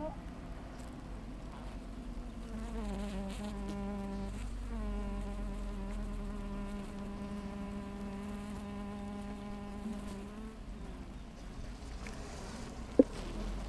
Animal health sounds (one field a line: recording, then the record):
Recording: honeybee colony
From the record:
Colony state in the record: active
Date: 28 July 2017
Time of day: 8:01